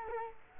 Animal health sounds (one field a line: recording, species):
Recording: mosquito wingbeat signal from an infrared sensor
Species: Culex quinquefasciatus